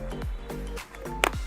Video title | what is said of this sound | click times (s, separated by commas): HELM KYT KYOTO VS MIRIP KYT KYOTO - SEGITIGA HELM LAMPUNG | Oh, bunyi klek juga. | 1.2 s